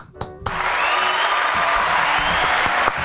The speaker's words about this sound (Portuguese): Pera aí, deixa eu pegar as palmas.